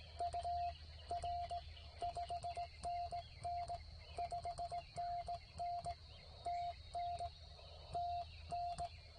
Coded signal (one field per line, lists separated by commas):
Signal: Morse code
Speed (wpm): 17 wpm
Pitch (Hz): 690 Hz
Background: none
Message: UR 5NN 5NN TN TN